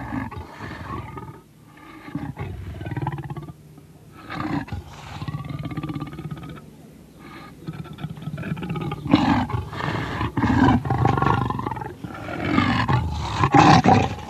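Leopard producing repeated rasping roars and growls, rough harmonic calls building to louder, denser bursts toward the end.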